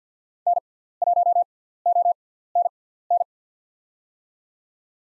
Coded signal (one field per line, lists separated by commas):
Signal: Morse code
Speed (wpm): 48 wpm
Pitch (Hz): 700 Hz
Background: none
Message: N1ONN